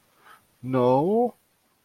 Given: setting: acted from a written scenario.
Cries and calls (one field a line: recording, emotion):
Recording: vocal sound without words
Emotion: embarrassment